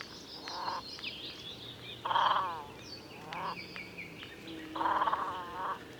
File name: Svasso Maggiore